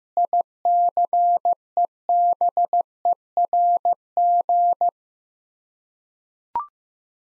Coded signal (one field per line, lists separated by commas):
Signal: Morse code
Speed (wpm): 15 wpm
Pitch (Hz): 700 Hz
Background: none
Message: ICEBERG